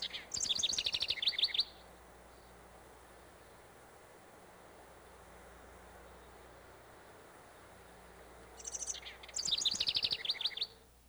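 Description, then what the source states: House Wren giving two bubbling, chattering song bursts of rapid high notes, separated by several seconds of quiet hiss. Sings in spring in the northern part of the state before migrating north to its summer home.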